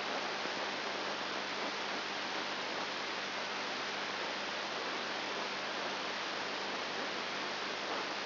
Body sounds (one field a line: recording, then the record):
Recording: brain microelectrode recording played as sound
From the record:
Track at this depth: inside the subthalamic nucleus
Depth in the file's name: 2.503 mm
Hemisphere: left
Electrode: 3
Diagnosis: Parkinson's disease